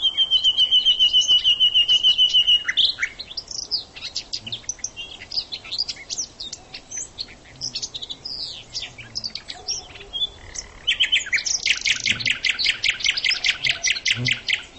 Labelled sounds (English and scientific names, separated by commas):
Common Nightingale (Luscinia megarhynchos) song